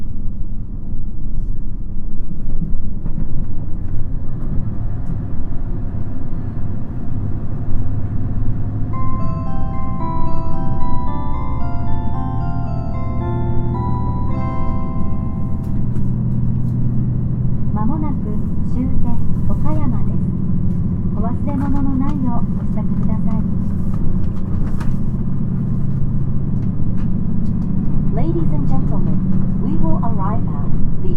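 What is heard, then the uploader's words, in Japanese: A JR Shikoku 2700 series diesel railcar runs with a steady, deep engine rumble throughout. Around 9 to 15 seconds a stepped melodic chime plays, then voices and sharp rail clicks come and go over the drone until the end. 四国旅客鉄道2700系気動車の走行音。特別急行列車 南風20号 琴平から岡山までの区間で録音しました。児島発車後から岡山到着まで。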